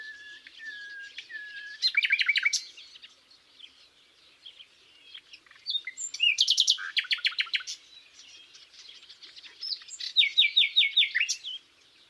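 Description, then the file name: Common nightingale song opening with three soft drawn-out whistles, then loud rapid repeated-note bursts separated by quieter twittering. "Luscinia megarhynchos"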